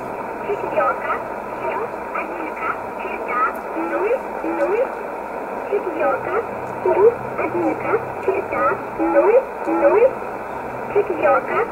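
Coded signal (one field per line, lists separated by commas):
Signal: numbers station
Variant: S11a Cherta, Russian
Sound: a voice reading in Russian over shortwave single-sideband, steady spoken syllables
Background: radio static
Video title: 29 06 2020 S11a Cherta Numbers station in Russian 0701 on 9339 unknown tx site in USB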